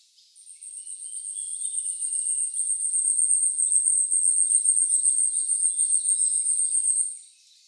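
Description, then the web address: Asian stubtail song: a very high, thin, insect-like pulsing buzz held for about seven seconds, swelling in loudness, then stopping abruptly. Recorded 21 April 2014; Japanese name yabusame. "birdenaga yabusame 140421"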